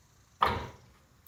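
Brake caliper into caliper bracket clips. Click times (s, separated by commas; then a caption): 0.4 s. While brake pads are changed on a 2008 Ford Expedition EL, a metal brake caliper is pushed past a tight retaining clip, with a screwdriver prying the clip back, until it drops onto the caliper bracket. A single sharp metallic snap lands at 0.4 s and rings out briefly before fading by about 0.8 s, with a faint tick at 1.3 s. The caliper snaps into place and is seated.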